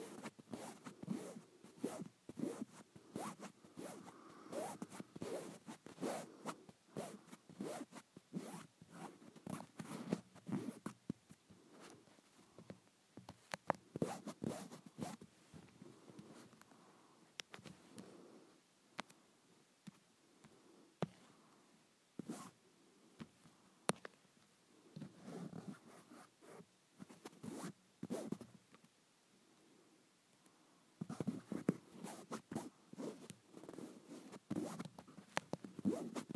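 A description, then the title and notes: Fabric is rubbed, scratched and crumpled in quick, uneven bursts of rustling, sometimes with a zipper-like rasp. The dense scraping comes in clusters, with quieter gaps around 19 to 24 seconds and near 30 seconds before a busy final stretch. ASMR Satisfying Fabric.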